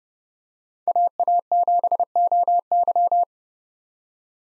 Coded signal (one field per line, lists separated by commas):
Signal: Morse code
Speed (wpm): 30 wpm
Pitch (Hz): 700 Hz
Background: none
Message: AA7OY